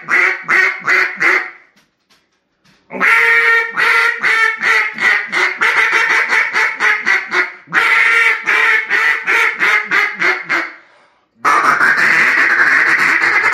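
Duck quacking in rapid series of harsh nasal quacks, bouts separated by short silences.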